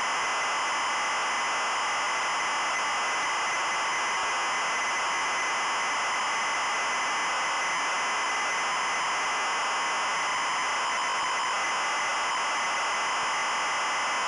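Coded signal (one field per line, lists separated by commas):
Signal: ZX Spectrum tape loading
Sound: continuous harsh buzzing screech, like loud hiss, with no pauses or lead tone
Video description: this video shows the tape loading and execution the Jetpac game in MSX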